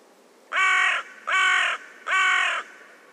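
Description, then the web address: Bird calling with three harsh, hoarse caws in steady succession, each roughly half a second long with short gaps between. "Deverinetal 2025 File origin Bird Only"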